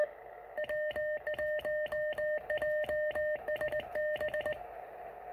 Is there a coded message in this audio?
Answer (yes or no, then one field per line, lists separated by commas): no